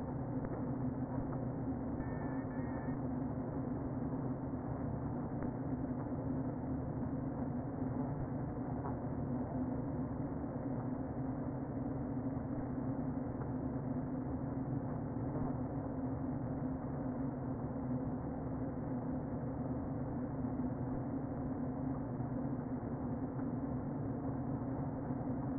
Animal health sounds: honeybee colony, microphone inside the hive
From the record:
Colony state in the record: queen present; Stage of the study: before two queens were removed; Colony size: about 60,000 bees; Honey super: yes

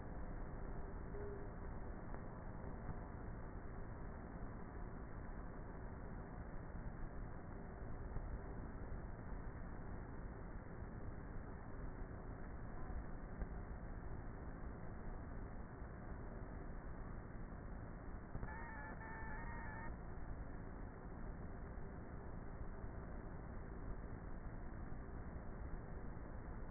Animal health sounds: honeybee colony, microphone inside the hive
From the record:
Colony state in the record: queenless with a low population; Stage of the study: before two queens were removed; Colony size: about 30,000 bees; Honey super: no

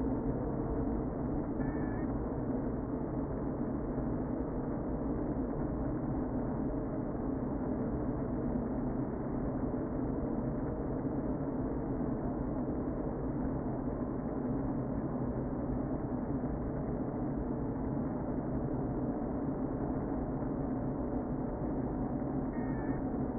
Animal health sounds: honeybee colony, microphone inside the hive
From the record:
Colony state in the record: queen present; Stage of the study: before two queens were removed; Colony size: about 60,000 bees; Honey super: yes

